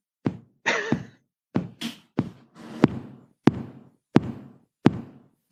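Tapped imitation of a normal heart's sinus rhythm: a few uneven opening taps, then evenly spaced knocks near 86 a minute, completely regular. The beat starts at the sinus node, which sits at the top of the heart.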